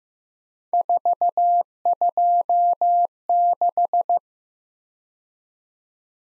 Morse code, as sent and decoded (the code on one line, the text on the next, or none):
....- ..--- -....
426